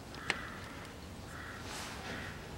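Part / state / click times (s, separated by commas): diesel injector into cylinder head bore / seated / 0.3 s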